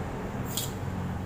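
A gas regulator is pushed onto an LPG cylinder valve, wiggled left and right, and its locking knob is turned. A short, sharp click is heard at 0.6 s over a steady low hum. The regulator is then seated and locked onto the cylinder valve.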